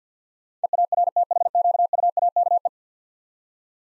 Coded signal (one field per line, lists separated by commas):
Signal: Morse code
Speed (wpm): 50 wpm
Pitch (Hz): 700 Hz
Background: none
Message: EARTHQUAKE